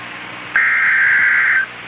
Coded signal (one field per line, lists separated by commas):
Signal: Emergency Alert System (SAME) tones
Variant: header bursts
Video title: EAS Scenario - Grey Goo